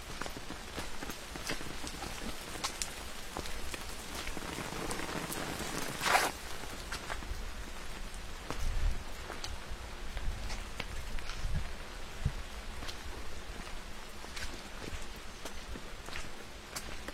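Walking along a forest trail in the rain: a steady, dense patter of raindrops covers the whole clip, with frequent sharp drips and taps scattered throughout. A louder burst stands out around six seconds, and a low rumble swells briefly near nine seconds.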